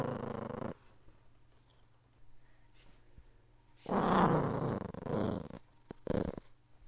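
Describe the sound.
Dog growling in low, rough bursts: one short at the start, a longer rumbling stretch midway, then a brief final growl, with quiet hum between.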